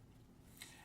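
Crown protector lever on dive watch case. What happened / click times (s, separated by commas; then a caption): A small latch snaps open / 0.6 s. The locking crown protector lever on the case of a Luminox automatic dive watch is released to give access to the screw-down crown. A single short, bright click is heard at 0.6 s as the lock flips open, over a low steady background.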